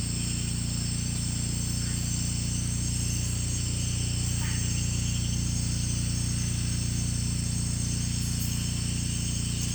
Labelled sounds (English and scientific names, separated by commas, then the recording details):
none
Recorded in pastures near Puerto Asís, Putumayo, Colombia, on 16 December 2024 at 01:00
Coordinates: 0.466, -76.322
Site G040